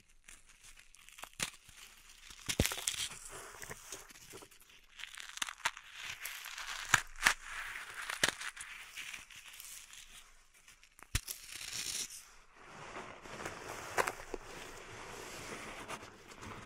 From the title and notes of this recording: ASMR Relaxing Pink Salt Zen Garden Triggers (No Talking).